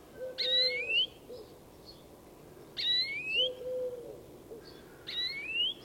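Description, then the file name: European greenfinch uttering three rising, buzzy calls spaced a little over two seconds apart, with a soft, low, flat hoot after each of the first two. "Chloris chloris"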